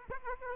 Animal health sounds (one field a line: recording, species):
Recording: mosquito wingbeat signal from an infrared sensor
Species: Aedes aegypti